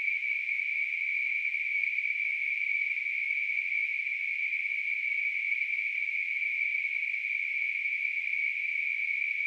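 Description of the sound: A steady, unbroken narrowband hiss centred near 2 kHz, with a faint band near 4.5 kHz, simulating tinnitus. The level stays constant for the whole clip, with no low-frequency content.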